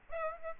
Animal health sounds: mosquito wingbeat signal from an infrared sensor; Aedes aegypti

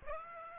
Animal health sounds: mosquito wingbeat signal from an infrared sensor; Aedes aegypti

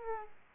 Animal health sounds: mosquito wingbeat signal from an infrared sensor; Aedes aegypti

